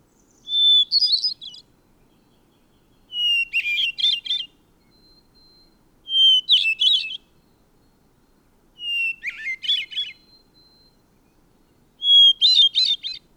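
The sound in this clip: Bird singing five high phrases spaced about three seconds apart; every phrase begins with a bright whistle and tumbles into a rapid, trilling, buzzy flourish.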